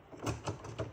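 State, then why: Not seated. A cleaned ink cartridge is handled and pushed back into its slot in the printer carriage of an HP Envy inkjet printer (6155e, 6152e, 6132e). Three soft, broadband rubbing and scraping bursts peak around 0.3, 0.5 and 0.8 seconds over a low background. Nothing has seated or clicked yet.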